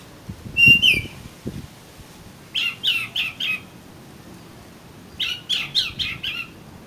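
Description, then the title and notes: Oriental magpie-robin song: one loud whistle, then two runs of four or five harsh, buzzy notes separated by a pause. "suara kacer. kumpulan suara burung kacer"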